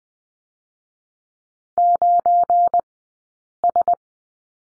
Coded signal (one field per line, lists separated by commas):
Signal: Morse code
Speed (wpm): 20 wpm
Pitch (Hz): 700 Hz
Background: none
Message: 9S